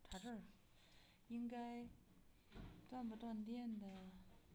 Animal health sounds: poultry house recording; no chicken sound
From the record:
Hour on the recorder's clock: 12

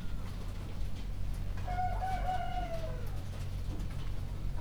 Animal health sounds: poultry house recording; healthy chickens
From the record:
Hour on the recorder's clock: 1

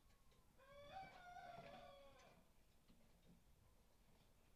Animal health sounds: poultry house recording; healthy chickens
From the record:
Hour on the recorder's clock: 18

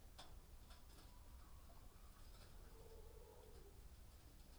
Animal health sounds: poultry house recording; healthy chickens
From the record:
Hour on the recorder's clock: 18

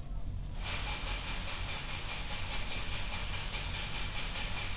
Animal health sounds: poultry house recording; no chicken sound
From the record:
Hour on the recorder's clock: 21

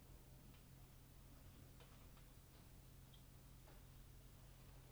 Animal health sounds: poultry house recording; no chicken sound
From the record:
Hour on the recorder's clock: 20

